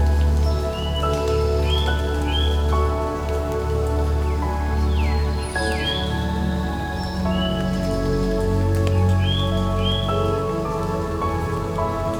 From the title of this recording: Gentle Drips in the Calm Woods